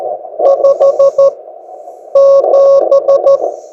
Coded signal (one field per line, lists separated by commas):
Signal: Morse code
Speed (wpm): 13 wpm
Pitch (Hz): 550 Hz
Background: music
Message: 5 7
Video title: Low-Cost Ham Vertical Antenna For Home and Portable Use